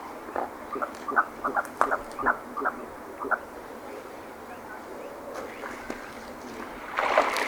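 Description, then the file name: Merganser calls, a string of brief croaking notes at an uneven quick pace, fading out, then a burst of rushing noise at the end. "Typical mergansers"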